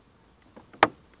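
The third (additional) brake light housing of an Audi A6 C5 is lifted up into its place in the car's interior rear trim, and its plastic clips snap home with a single sharp, loud click at 0.8 s, preceded by a few faint soft ticks. The housing is seated.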